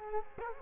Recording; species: mosquito wingbeat signal from an infrared sensor; Culex quinquefasciatus